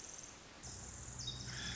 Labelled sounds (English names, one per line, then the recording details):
Pacific Wren
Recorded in Sonoma County, California